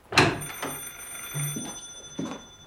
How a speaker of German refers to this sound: Entschuldigen Sie das Telefon. Bitte? Es steht in der Diele.